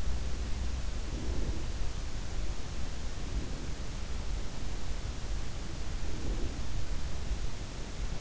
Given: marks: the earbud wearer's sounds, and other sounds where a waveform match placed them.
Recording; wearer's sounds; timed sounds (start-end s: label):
sounds in sleep by an in-ear microphone; breath
0.83-1.79 s: breath
3.02-4.02 s: breath
5.87-6.83 s: breath